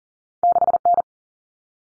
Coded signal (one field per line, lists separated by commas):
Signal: Morse code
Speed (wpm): 40 wpm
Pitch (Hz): 700 Hz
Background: none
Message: 6N